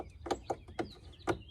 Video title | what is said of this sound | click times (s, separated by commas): Polaris RZR Ace Cargo Bed 5450078-070 Replacement Repair | They should just kind of click into place like so. | 0.8 s